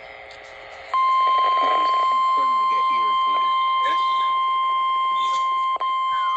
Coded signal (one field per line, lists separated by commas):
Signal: Emergency Alert System (SAME) tones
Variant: 1050 Hz attention tone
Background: speech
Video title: SVR #18 (EAS #30)